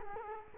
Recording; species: mosquito wingbeat signal from an infrared sensor; Culex quinquefasciatus